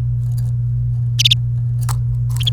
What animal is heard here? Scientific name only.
Serinus canaria